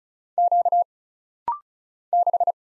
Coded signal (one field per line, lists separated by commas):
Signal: Morse code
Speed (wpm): 36 wpm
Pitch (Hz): 700 Hz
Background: none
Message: Q 6